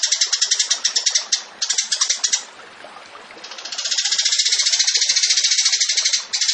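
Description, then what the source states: Tembakan bird song: rattling, buzzy high trills in quick bursts, a short quieter pause, then a long swelling rapid trill. Masteran (training recording for songbirds) of a tembakan bird in active, full song (gacor).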